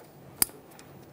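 An electrical wiring harness connector is lined up and pressed into its mating socket on the engine intake of a 2015-2020 Ford F-150 3.5L V6 during an ignition coil replacement. A single sharp, bright click rings out at 0.4 s, followed by a much fainter tick at about 0.8 s over quiet background noise. The connector seats with the click and is then checked.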